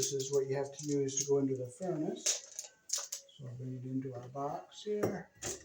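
A power supply cable fitted with a snap-in cable connector is handled at a knockout of a furnace's metal electrical junction box while someone talks, with a few short sharp taps between about 2.6 and 3.3 seconds. The connector has not snapped in or seated yet.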